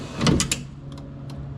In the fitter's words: They're going to roll up and snap back into that window. So, you should hear a pop.